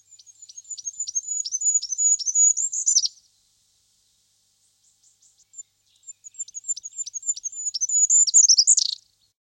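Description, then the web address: Goldcrest song, very high-pitched notes repeated rapidly, each phrase ending in a quick, jumbled flourish, given twice with a pause between. "Fuglekonge"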